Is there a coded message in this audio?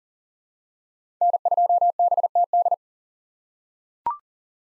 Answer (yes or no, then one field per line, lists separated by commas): yes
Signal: Morse code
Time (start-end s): 1.2-2.7 s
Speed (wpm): 40 wpm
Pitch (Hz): 700 Hz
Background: none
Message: N2BTD